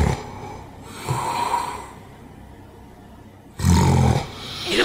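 Snoring growing louder and louder in a sleeping adult, then a long quiet pause as breathing stops, then a loud choking snort that almost sounds not human as breathing restarts: an obstructive sleep apnea arousal, triggered when falling oxygen and retained carbon dioxide reach a threshold and the brain signals choking.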